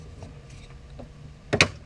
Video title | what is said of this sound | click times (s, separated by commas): HOW TO CHANGE A TIRE ON A 2010-2017, Dodge Caravan/Town & Country | now it says in the manual to tighten us down to here three clicks so let's do that one | 1.5 s, 1.6 s